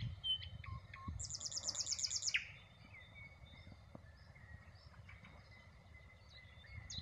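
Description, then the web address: Common nightingale song: a brief, rapid high trill with a few scattered whistles, then mostly quiet background hiss. "rossignol ordinaire chant du rossignol"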